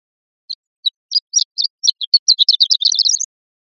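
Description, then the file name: Horned lark, one song phrase: high sharp notes at first spaced and slow, then hurrying into a dense, twittering, slightly rising jumble before stopping abruptly. "CR HOLA 2 030603"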